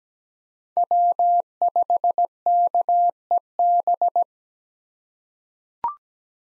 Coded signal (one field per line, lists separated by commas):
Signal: Morse code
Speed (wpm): 17 wpm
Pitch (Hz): 700 Hz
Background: none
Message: W5KEB